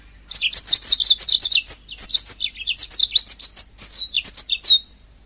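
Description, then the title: Oriental magpie-robin in a continuous stream of lively song, high whistles, downslurred notes and fast chips tumbling together for nearly five seconds. "Kicau Kacer"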